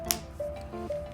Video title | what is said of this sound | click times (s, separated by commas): Unboxing and Reviewing The Versace Greca Logo Watch 41mm | very hard click | 0.1 s